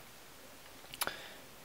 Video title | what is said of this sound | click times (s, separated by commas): Figure Unboxing: Super Sonico Rock 'n' Roll Valentine | the old head off trick take this down here so this probably pops right out | 0.9 s, 1.1 s